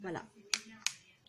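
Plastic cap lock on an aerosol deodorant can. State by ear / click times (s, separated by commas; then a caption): seated / 0.5 s, 0.9 s. Someone talks briefly while turning the plastic locking cap on a Nivea 48h aerosol deodorant can. Two sharp, short clicks ring out at 0.5 s and 0.9 s, followed by a faint tick near the end. The cap lock clicks into place.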